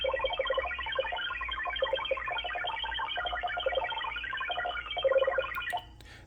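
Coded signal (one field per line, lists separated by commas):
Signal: multi-tone FSK (Olivia or MFSK type)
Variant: XPB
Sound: rapid organ-like chords of short tones jumping between many pitches, continuous for six seconds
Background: radio static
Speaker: right here is an audio sample that you can download you just click this as a play button and it'll play exactly what this signal sounds like to validate so we'll click on this real quick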